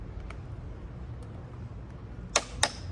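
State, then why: Torque reached. A click-type torque wrench set to 220 lb tightens the rear wheel axle nut on a Can-Am Ryker 900 Sport during an LED wheel light install. Over a low steady rumble and a faint tick near 0.3 s, the wrench gives sharp clicks at 2.4 s and 2.6 s, showing the nut has reached its setting and is tight enough.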